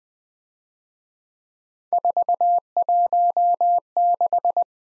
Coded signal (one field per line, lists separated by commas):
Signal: Morse code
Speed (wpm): 25 wpm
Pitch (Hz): 700 Hz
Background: none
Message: 416